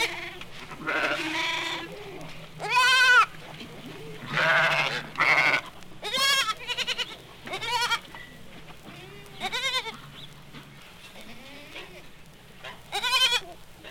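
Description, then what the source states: Sheep and goats giving many quavering bleats, some high and shaky, others lower, calling every few seconds over a faint background hum. Sheep, goats, lambs and kids.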